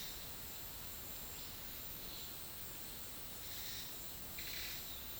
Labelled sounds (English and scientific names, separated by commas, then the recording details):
none
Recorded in dense forest near Puerto Asís, Putumayo, Colombia, on 21 February 2024 at 13:30
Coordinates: 0.502, -76.324
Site G6370